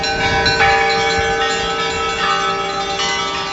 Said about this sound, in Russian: Церковные колокола извещали население города о самых торжественных минутах.